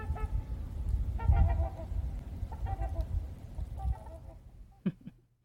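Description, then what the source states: Trumpeter Swan calling: a series of nasal, horn-like honks over several seconds against low rumbling noise. Recorded in Hastings.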